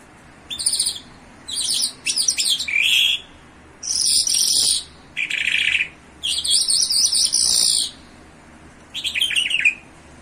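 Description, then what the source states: Bimaculated lark song: separate bursts of sharp chirps and buzzy, slurred notes, with short pauses between them. In Iran.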